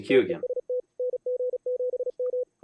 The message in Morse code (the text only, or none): TEST NG7M